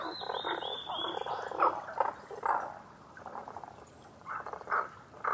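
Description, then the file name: Tago's brown frog croaking in short pulsed bursts, with a thin high whistle near the start. Recorded 11 June 2010 at 18:05. "tagogaeru-20100611-1805"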